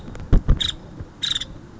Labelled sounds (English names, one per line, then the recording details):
Nuttall's Woodpecker
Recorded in Sonoma County, California